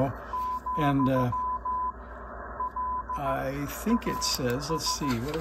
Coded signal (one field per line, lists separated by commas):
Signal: Morse code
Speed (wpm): 15 wpm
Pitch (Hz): 1010 Hz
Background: speech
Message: , LAS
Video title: Another $102 Radio from eBay - but it’s pretty cool